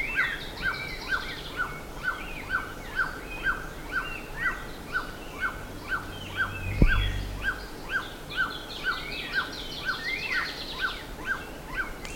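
Bird giving short repeated notes roughly twice a second, with higher twittering above and a dull thump partway through.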